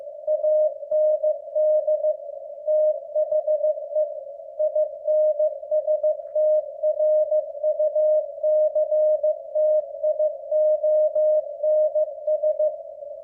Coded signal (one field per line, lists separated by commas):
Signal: Morse code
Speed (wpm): 15 wpm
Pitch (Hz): 610 Hz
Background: none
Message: AND THE INSTRUCTIONS